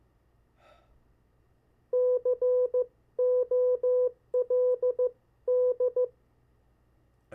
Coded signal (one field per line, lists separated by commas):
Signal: Morse code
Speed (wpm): 15 wpm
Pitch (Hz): 500 Hz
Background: none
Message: COLD